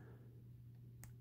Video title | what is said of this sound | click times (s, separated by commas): Crimping a JST Molex 2.0mm Small Cooling Fan Connector with a IWISS SN-01BM Crimping Tool | aha here at that click clicked in there | 1.0 s